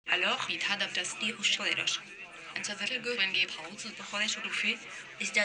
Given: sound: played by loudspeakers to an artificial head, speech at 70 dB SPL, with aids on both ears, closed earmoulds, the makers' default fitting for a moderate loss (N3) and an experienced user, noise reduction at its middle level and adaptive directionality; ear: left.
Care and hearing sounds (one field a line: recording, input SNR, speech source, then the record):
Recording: speech test signal (ISTS) in cocktail-party noise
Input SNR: +9 dB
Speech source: in front (0 degrees)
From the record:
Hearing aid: class 2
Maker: G